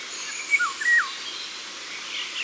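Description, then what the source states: Eurasian golden oriole singing one short fluty whistled phrase that drops and yodels, over a soft background of chirping birds. Ardèche, France.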